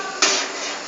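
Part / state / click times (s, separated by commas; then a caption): computer component into motherboard slot / seated / 0.2 s. A computer component, lined up with its slot, is pushed into the motherboard and goes in with a single firm knock at 0.2 s over a steady background hiss. The component is seated in the slot.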